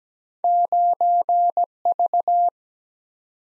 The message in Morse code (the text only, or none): 9 V